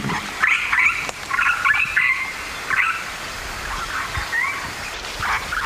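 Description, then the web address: Regent parrot calling with rasping, scratchy notes in uneven bursts. "parrots polytelis-anthopeplus"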